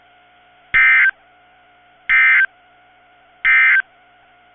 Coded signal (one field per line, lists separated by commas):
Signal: Emergency Alert System (SAME) tones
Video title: Severe Thunderstorm Warnings (EAS 2301-2303) 4/28/23